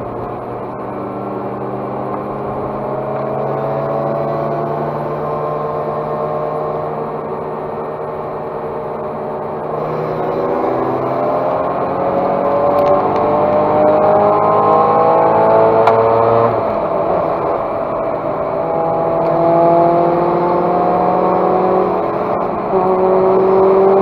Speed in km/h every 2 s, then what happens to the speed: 59, 67, 73, 74, 75, 85, 98, 105, 109, 104, 106, 114.
0-3 speeds up to 73. 3-9 steady at about 74. 9-24 speeds up to 114.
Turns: none.